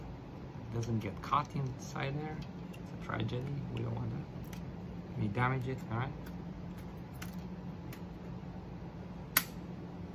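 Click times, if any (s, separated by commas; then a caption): 9.4 s. After a replacement battery pack is fitted and its cable routed, the plastic housing cover of an Impossible Project Lab instant photo printer is pressed back onto the body while someone talks. Small handling taps and clicks follow, then a sharp, loud snap at 9.4 s as the housing clicks back into place and closes properly.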